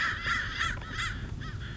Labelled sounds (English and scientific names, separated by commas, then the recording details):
American Crow (Corvus brachyrhynchos)
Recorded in Sonoma County, California